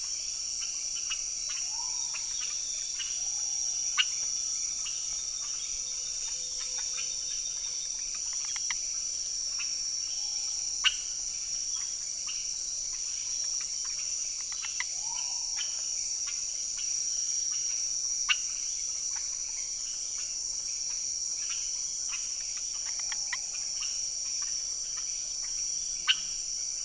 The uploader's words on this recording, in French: Chemin des grands arbres - Saül - Guyane - Nagra AresBB+ - cardioïdes - mkh40. Je n'ai pas encore trouvé le temps de déterminer ces amphibiens qui chantent au sol en sentant arriver la pluie.